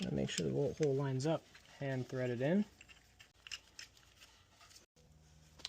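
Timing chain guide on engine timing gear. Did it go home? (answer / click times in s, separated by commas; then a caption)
no / none. Someone talks while a timing-chain guide is set on the timing gear of an Audi 3.0T engine, its bolt hole lined up and the bolt threaded in. Only small, faint handling ticks follow, from about 3.2 to 4.0 seconds and once near 5.7 seconds. Nothing has seated or clicked yet: the guide is not seated properly along the gear and has to be pulled back off.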